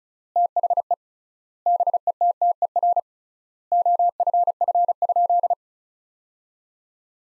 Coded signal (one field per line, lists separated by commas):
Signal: Morse code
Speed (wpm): 36 wpm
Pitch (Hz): 700 Hz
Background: none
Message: THE BETTER OFF?